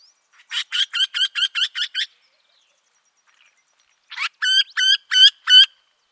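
Eurasian wryneck call, a rapid series of nasal ringing notes, a pause of about two seconds, then a slower series of a few harsh nasal notes.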